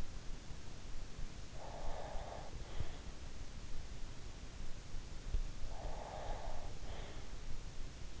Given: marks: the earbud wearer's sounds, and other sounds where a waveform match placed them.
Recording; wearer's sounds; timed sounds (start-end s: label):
sounds in sleep by an in-ear microphone; breath
1.50-2.88 s: breath
5.75-7.26 s: breath